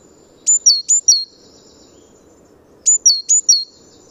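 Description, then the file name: Great tit uttering two quick phrases of bright, high see-saw notes, four notes each, alternating high and low. "Parus major"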